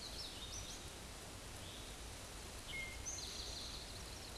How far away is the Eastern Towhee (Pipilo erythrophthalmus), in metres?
about 50 m